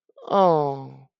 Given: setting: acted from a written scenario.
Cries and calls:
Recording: vocal sound without words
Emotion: sadness

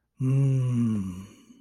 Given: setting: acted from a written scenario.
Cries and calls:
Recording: vocal sound without words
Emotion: serenity

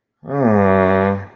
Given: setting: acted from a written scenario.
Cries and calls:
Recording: vocal sound without words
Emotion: sadness

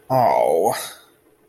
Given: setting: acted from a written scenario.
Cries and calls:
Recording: vocal sound without words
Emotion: disappointment

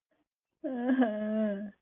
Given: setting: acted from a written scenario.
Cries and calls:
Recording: vocal sound without words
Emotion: distress

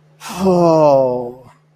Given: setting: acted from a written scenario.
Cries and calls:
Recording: vocal sound without words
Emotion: guilt

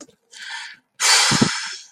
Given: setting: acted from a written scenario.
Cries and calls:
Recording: vocal sound without words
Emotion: relief

